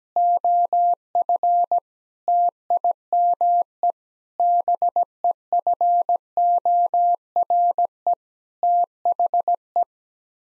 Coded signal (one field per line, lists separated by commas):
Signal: Morse code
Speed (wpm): 17 wpm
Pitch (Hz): 700 Hz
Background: none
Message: OF TIME BEFORE THE